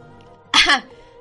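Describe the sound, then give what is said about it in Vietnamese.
A single dry cough from a woman, one sharp burst lasting about a quarter of a second, loud against an otherwise quiet background with no talking around it. “Thư nương lập tức thắng lại, ho khan một tiếng, ra vẻ trưởng bối nói.”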